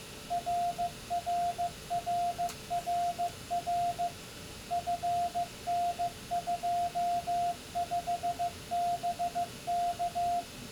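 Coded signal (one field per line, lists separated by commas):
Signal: Morse code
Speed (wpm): 15 wpm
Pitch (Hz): 700 Hz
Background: radio noise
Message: RRRRR FN25BK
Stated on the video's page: First QSO on a tower-mounted 10 GHz transverter system.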